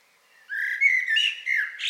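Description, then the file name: Common blackbird singing a brief mellow, fluted warble of a few smooth whistled notes rising into a high squeak at the end. "Turdus merula"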